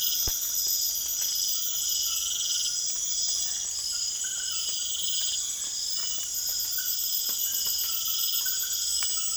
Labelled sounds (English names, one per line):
none